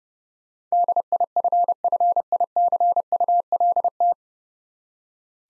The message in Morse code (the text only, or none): DIFFICULT